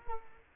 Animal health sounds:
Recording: mosquito wingbeat signal from an infrared sensor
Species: Culex quinquefasciatus

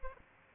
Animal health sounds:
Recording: mosquito wingbeat signal from an infrared sensor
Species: Aedes aegypti

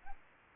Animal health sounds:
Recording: mosquito wingbeat signal from an infrared sensor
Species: Aedes aegypti

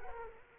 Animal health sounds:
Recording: mosquito wingbeat signal from an infrared sensor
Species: Culex quinquefasciatus

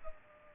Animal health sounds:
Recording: mosquito wingbeat signal from an infrared sensor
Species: Culex pipiens

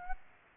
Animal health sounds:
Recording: mosquito wingbeat signal from an infrared sensor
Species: Aedes aegypti

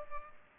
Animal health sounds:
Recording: mosquito wingbeat signal from an infrared sensor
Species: Culex pipiens

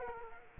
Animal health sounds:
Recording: mosquito wingbeat signal from an infrared sensor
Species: Culex quinquefasciatus

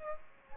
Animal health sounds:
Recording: mosquito wingbeat signal from an infrared sensor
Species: Aedes aegypti

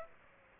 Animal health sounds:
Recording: mosquito wingbeat signal from an infrared sensor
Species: Aedes aegypti

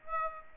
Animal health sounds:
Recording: mosquito wingbeat signal from an infrared sensor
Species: Aedes aegypti

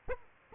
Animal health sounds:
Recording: mosquito wingbeat signal from an infrared sensor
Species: Aedes aegypti

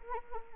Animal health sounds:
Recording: mosquito wingbeat signal from an infrared sensor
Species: Anopheles arabiensis

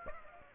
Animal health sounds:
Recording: mosquito wingbeat signal from an infrared sensor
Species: Aedes aegypti

